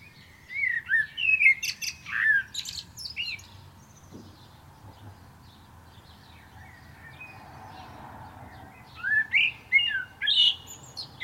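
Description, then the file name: Common blackbird singing two phrases of fluty whistles and high thin twittering, separated by a long pause. "Turdus merula"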